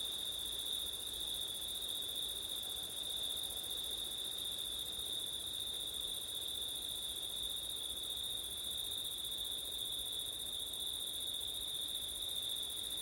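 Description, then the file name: Crickets singing in a steady, unbroken high trill chorus with a second shimmering layer above it, over a soft broad rush of wind. Crickets on a September night, with wind; ORTF (ortif) recording. "crickets wind september night ortif"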